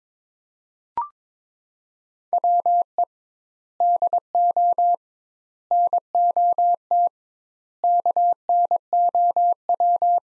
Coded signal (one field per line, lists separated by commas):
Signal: Morse code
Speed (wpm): 22 wpm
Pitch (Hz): 700 Hz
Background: none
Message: WE DO NOT KNOW